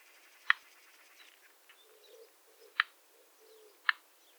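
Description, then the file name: Common nightingale calls as three sharp, emphatic notes spaced unevenly, with faint high chatter early on and soft low notes in the background. "Luscinia megarhynchos"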